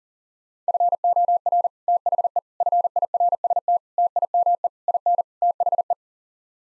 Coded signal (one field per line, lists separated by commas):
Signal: Morse code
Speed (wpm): 40 wpm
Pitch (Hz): 700 Hz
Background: none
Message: FOR THE FIRST TIME IN THE